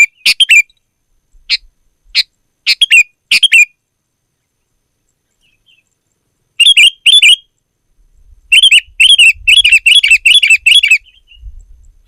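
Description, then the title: Sooty-headed bulbul song: scattered chirpy notes, then bursts of rapid bubbly phrases repeated in quick series, with a soft low rumble near the end. "kutilang"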